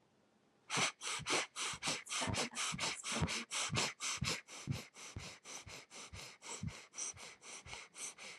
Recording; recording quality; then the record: shallow breathing; excellent, no background noise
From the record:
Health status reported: healthy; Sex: male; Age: 50 years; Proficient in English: yes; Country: United States